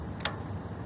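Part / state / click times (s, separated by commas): lift lever handle latch on a snow plough blade mounted to a ride-on mower / seated / 0.2 s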